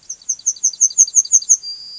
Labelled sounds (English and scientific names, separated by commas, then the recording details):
Yellowhammer (Emberiza citrinella) song
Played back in grassland
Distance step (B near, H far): C
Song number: 004